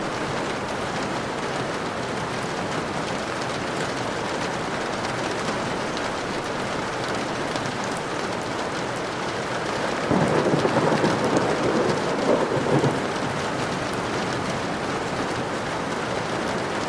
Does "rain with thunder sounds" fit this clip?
yes